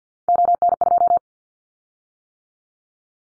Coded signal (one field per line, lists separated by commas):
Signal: Morse code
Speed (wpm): 50 wpm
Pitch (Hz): 700 Hz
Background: none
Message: ON2